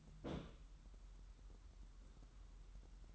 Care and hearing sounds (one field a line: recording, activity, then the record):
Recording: daily activity, microphone in the room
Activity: place on stove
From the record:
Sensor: 3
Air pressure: 994.4 hPa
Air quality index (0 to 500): 213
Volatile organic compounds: 1000 ppm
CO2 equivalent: 7123 ppm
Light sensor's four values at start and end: 199/479/202/201 and 199/479/202/201